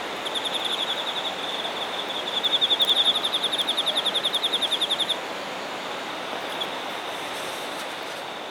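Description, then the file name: Insect song: a high fast pulsed trill that strengthens around three seconds and stops abruptly near five seconds, after which only faint trilling and background hiss remain. Shinagawa, Japan. "shinagawa singing insects"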